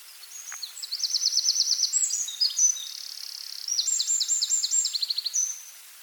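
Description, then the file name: Eurasian wren song: a long, loud, high-pitched outpouring of rapid trills and sharp notes, several fast rattling trills strung together with brief buzzy stretches. "Troglodytes troglodytes"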